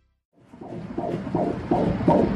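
Rapid, regular whooshing pulses rise out of silence, about five beats in under two seconds, roughly 160 a minute. This is a preborn baby's heartbeat picked up by ultrasound Doppler during a live 4D ultrasound shown on big screens in Times Square, New York City; the fast, steady rhythm is normal for a baby before birth.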